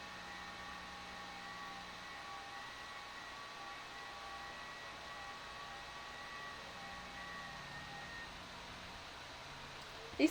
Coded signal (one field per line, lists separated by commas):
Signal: FT8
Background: speech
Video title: CQ or Pounce: an FT8 Experiment!